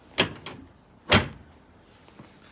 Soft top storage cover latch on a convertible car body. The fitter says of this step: and then you should hear a nice little click